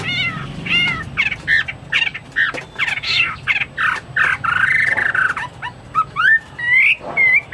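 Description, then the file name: Chinese hwamei song: varied rapid phrases mixing whistled slurs and harsh chattering notes, with a low hum in the background. "omkicau hwamei"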